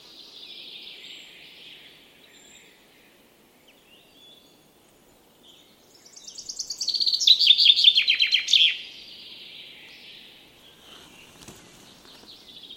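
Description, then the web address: Bird giving a faint call early on, then a burst of fast, repeated chirping notes for about two seconds before quieting again. "Deverinetal. Bird Only"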